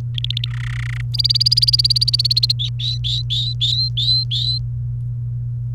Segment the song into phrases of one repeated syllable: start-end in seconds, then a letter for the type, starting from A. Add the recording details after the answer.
0.15-0.49 A, 0.51-1.01 B, 1.14-2.52 C, 2.59-4.58 D. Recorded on 28 April 2018 at 15:51. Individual llb3